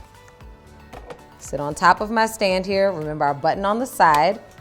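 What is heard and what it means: A studio strobe light is being set onto the top of a light stand, with its mount handled while someone talks. Only faint small handling knocks are heard, near 0.4 s and 1.1 s. The light has not yet locked onto the stand, so nothing has seated or clicked yet.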